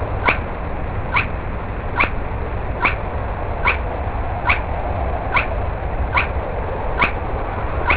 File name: spotted crake